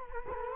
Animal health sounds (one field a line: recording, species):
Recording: mosquito wingbeat signal from an infrared sensor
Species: Culex quinquefasciatus